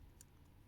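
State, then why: Seated. The plastic lock on a sunscreen spray bottle's nozzle is turned so the nozzle cannot be pressed down when carried in a purse. A short, faint click at 0.2 s marks the lock clicking shut, and the nozzle is now locked and will no longer press down.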